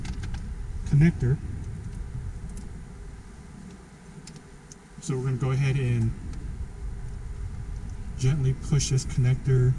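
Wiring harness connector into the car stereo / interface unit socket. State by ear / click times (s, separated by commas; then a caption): not seated / none. A GROM Audio Bluetooth/USB/AUX kit's wiring harness connector is being lined up with the car stereo interface unit socket in a 2007–2012 Volvo XC90. Someone talks while soft handling taps and rustles are heard in the background. The connector is not pushed home yet, and nothing has seated or clicked so far.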